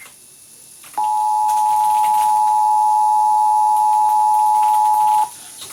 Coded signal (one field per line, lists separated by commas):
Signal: Emergency Alert System (SAME) tones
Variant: 853 and 960 Hz attention tone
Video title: Not much, but here ya go... EAS Tests from November, 2022 (EAS #7,834 - 7,839)